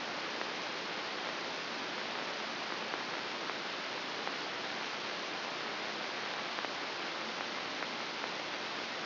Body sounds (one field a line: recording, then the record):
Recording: brain microelectrode recording played as sound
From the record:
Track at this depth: inside the subthalamic nucleus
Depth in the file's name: 2.831 mm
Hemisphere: left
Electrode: 3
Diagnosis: Parkinson's disease